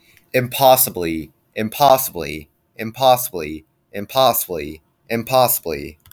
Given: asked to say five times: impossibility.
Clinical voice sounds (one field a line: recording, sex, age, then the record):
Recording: repeated word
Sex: male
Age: 20 to 29 years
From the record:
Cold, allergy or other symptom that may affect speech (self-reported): no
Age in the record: 21 years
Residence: Rhode Island, United States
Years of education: 15